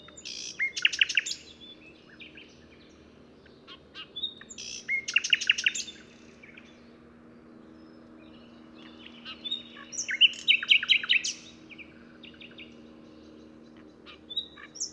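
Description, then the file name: Common nightingale singing three separate phrases, each packed with fast repeated chirps and clicks, spaced by quiet pauses. "Luscinia megarhynchos"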